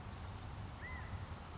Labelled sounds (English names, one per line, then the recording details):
California Quail
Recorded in Sonoma County, California